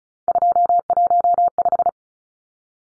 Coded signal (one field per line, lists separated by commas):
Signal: Morse code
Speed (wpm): 34 wpm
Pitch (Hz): 700 Hz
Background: none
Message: 215